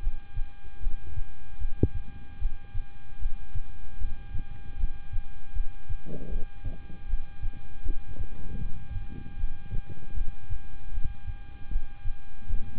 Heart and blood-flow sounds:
heart sounds by stethoscope; between the tricuspid and mitral areas; 77 bpm
0.00 s: heartbeat
0.80 s: heartbeat
1.58 s: heartbeat
2.38 s: heartbeat
3.19 s: heartbeat
3.98 s: heartbeat
4.77 s: heartbeat
5.53 s: heartbeat
6.29 s: heartbeat
7.06 s: heartbeat
7.83 s: heartbeat
8.59 s: heartbeat
9.37 s: heartbeat
10.14 s: heartbeat
10.91 s: heartbeat
11.69 s: heartbeat
12.47 s: heartbeat
From the record:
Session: rest, lying down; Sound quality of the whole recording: good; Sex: male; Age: 26 years

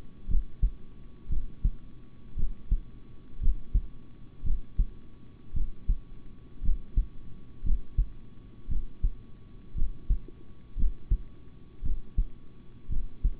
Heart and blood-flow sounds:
heart sounds by stethoscope; between the tricuspid and mitral areas; 57 bpm
0.27 s: heartbeat
1.29 s: heartbeat
2.36 s: heartbeat
3.40 s: heartbeat
4.43 s: heartbeat
5.53 s: heartbeat
6.62 s: heartbeat
7.63 s: heartbeat
8.68 s: heartbeat
9.74 s: heartbeat
10.76 s: heartbeat
11.82 s: heartbeat
12.89 s: heartbeat
From the record:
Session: rest, sitting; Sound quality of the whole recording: good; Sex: male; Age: 26 years

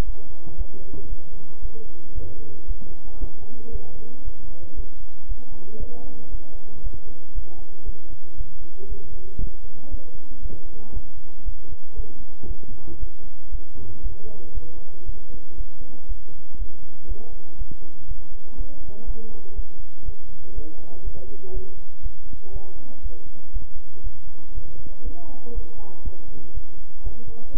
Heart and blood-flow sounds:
heart sounds by stethoscope; between the tricuspid and mitral areas; 118 bpm
0.04 s: heartbeat
0.56 s: heartbeat
1.08 s: heartbeat
1.60 s: heartbeat
2.13 s: heartbeat
2.66 s: heartbeat
3.18 s: heartbeat
3.71 s: heartbeat
4.23 s: heartbeat
4.75 s: heartbeat
5.27 s: heartbeat
5.78 s: heartbeat
6.30 s: heartbeat
6.81 s: heartbeat
7.33 s: heartbeat
7.84 s: heartbeat
8.36 s: heartbeat
8.87 s: heartbeat
9.38 s: heartbeat
9.89 s: heartbeat
10.41 s: heartbeat
10.92 s: heartbeat
11.43 s: heartbeat
11.95 s: heartbeat
12.46 s: heartbeat
12.98 s: heartbeat
13.50 s: heartbeat
14.01 s: heartbeat
14.53 s: heartbeat
15.04 s: heartbeat
15.56 s: heartbeat
16.07 s: heartbeat
16.57 s: heartbeat
17.07 s: heartbeat
17.57 s: heartbeat
18.06 s: heartbeat
18.56 s: heartbeat
19.05 s: heartbeat
19.54 s: heartbeat
20.04 s: heartbeat
20.53 s: heartbeat
21.03 s: heartbeat
21.52 s: heartbeat
22.01 s: heartbeat
22.51 s: heartbeat
23.01 s: heartbeat
23.51 s: heartbeat
24.02 s: heartbeat
24.53 s: heartbeat
25.03 s: heartbeat
25.53 s: heartbeat
26.03 s: heartbeat
26.52 s: heartbeat
27.02 s: heartbeat
27.51 s: heartbeat
From the record:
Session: bicycle stress test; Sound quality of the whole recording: good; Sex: male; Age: 26 years

